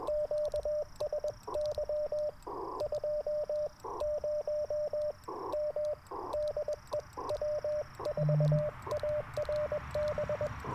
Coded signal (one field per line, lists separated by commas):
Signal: Morse code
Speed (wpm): 21 wpm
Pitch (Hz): 600 Hz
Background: radio noise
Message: QSY 20M DE W4ARB